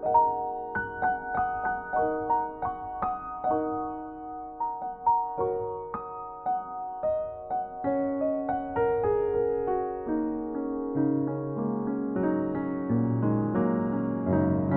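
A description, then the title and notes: Wind chimes ring in a gentle pentatonic harmony, their tones overlapping into a soft, continuous wash. Strikes come irregularly, a few every second, each note sustaining and fading slowly. Lower, deeper tones join in more often during the second half. Wind chimes are their own form of improvisation as the wind creates gentle music. This episode is based on the wind chimes outside my house, playing in the harmony of a pentatonic scale.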